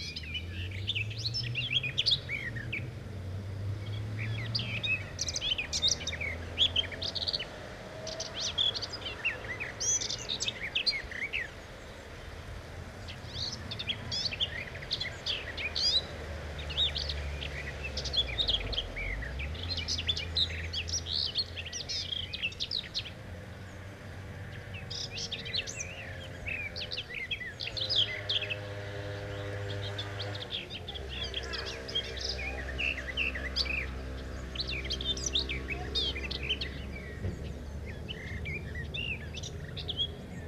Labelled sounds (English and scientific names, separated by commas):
Garden Warbler (Sylvia borin) song